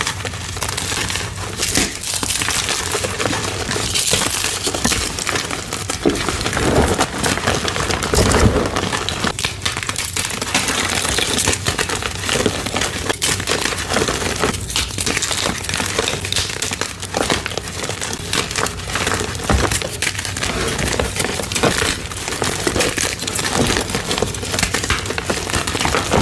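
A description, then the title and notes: Gym chalk is crumbled and crinkled continuously for the whole time, a dense, bright, crackly rustle with rapid small snaps and few pauses. Rainbow gym chalk compilation.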